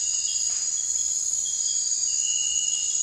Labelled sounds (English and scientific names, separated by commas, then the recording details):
none
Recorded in dense forest near Puerto Asís, Putumayo, Colombia, on 21 December 2024 at 03:00
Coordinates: 0.468, -76.322
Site G071